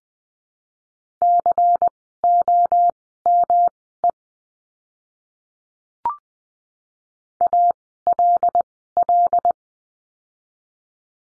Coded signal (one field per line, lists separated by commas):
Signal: Morse code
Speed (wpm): 20 wpm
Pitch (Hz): 700 Hz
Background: none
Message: COME ALL